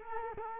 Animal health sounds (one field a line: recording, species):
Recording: mosquito wingbeat signal from an infrared sensor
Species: Culex quinquefasciatus